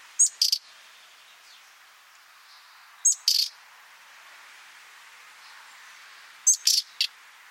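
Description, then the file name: Common nightingale calls: a grating double or triple note heard three times, roughly every three seconds, over a faint steady hiss. "Luscinia megarhynchos"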